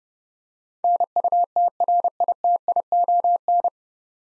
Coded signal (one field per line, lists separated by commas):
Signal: Morse code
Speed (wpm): 30 wpm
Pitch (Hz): 700 Hz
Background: none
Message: NUTRITION